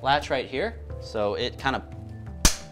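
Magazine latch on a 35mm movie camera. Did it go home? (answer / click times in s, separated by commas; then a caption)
released / 2.4 s. Someone talks while handling the latch that holds the film magazine in a 35mm movie camera. At 2.5 s the latch pops out of the camera with a sharp, loud pop, releasing it.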